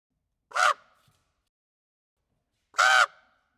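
Raven giving two hoarse, grating caws about two seconds apart in an otherwise quiet background.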